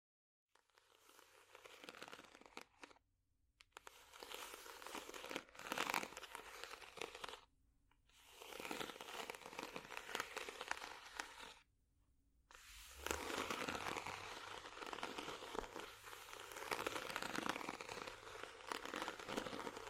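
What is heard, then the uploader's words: Scratching over a ridged surface makes dense, rasping, crinkly strokes that fill the range from low to very bright. The bursts come in long runs broken by short silences near 3, 7.5 and 12 seconds, with a faint low hum underneath. ASMR Scratching Ridges For Tingles （No Talking）.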